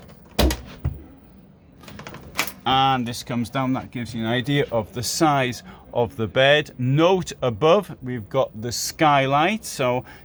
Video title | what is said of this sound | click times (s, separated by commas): 79k Sunlight T68XX motorhome review. Sleeps FOUR with drop down bed in dinette. | Push this thing in. Let's see if we can hear it. Click. | 0.4 s